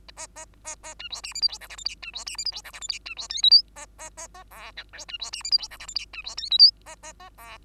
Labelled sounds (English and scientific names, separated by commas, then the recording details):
Bengalese Finch (Lonchura striata domestica) song
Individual Bird2